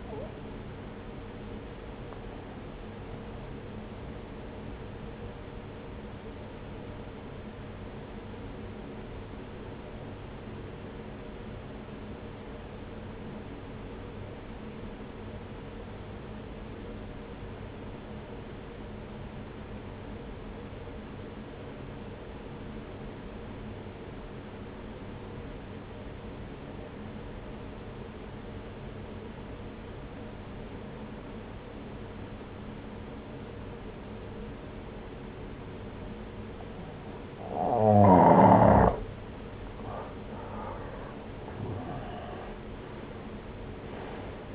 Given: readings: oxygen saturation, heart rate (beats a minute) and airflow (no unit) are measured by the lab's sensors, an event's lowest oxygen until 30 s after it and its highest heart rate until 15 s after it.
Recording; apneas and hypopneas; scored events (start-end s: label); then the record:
breathing in sleep by a voice recorder at the bedside; 1
4.00-39.10 s: obstructive apnea (N1, oxygen 95% highest, then 84% lowest, heart rate 64 at the start, 71 highest)
From the record:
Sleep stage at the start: N1 (lightest sleep); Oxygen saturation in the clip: 85 to 95%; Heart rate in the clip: 60 to 67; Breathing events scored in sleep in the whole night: 303 in 8.1 hours asleep